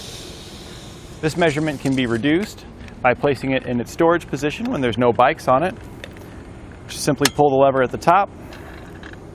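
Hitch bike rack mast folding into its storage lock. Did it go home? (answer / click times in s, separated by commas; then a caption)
no / none. Someone talks while the lever at the top of a Thule Camber 4 hitch bike rack on a 2019 Honda CR-V is pulled to fold its metal mast down into its storage position, with brief sharp handling sounds near 6.0 s and 9.1 s. The clip ends before the mast locks, so nothing has seated or clicked yet.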